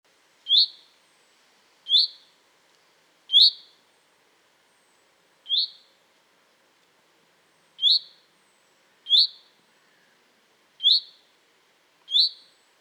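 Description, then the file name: Common chaffinch calls: eight short, clear, rising notes at uneven intervals, some close together and others separated by longer gaps, with no other sounds. "Fringilla coelebs"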